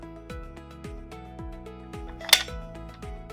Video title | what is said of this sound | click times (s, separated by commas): Canon LX-D400 Label Printer - Loading Print Media | While holding the left flange, turn the ring to the left until it clicks to lock the flange in place. | 2.3 s